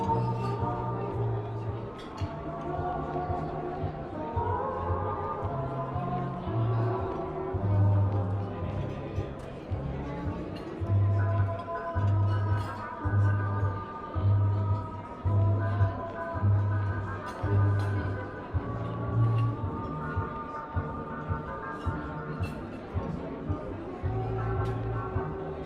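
Oldie music plays in a coffee shop, a steady song with a regular low bass pulse and sustained tones running through all 26 seconds. Light talking sits underneath, with murmured voices and occasional clinks rising briefly over the music.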